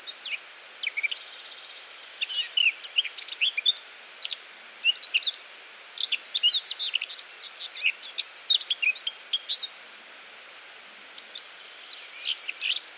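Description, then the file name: Eurasian blackcap warbling in bursts of rapid chirps and fluty whistles separated by short pauses, steady hiss underneath. "Sylvia atricapilla"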